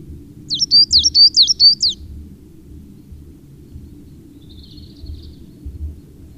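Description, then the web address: Coal tit song, a rapid run of about six high, sharp two-note units, then quiet with a faint chirp. "Madardalok Fenyves cinege"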